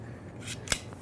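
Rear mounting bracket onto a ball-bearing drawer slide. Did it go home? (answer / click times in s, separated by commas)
yes / 0.7 s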